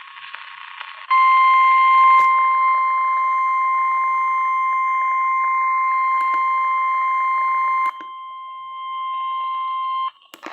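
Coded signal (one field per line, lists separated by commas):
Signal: Emergency Alert System (SAME) tones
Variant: 1050 Hz attention tone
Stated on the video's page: Severe thunderstorm alerts on NOAA Weather Radio for Charleston, South Carolina.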